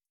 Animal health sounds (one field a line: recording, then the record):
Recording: hydrophone in a shrimp aquaculture tank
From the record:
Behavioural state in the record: starved